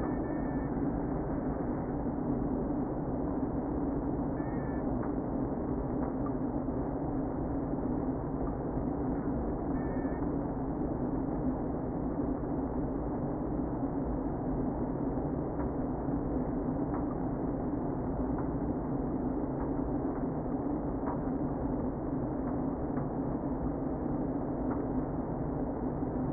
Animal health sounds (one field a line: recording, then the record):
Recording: honeybee colony, microphone inside the hive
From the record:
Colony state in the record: queen present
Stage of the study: before two queens were removed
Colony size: about 60,000 bees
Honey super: yes